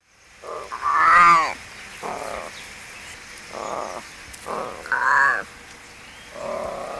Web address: Tierstimmen Katze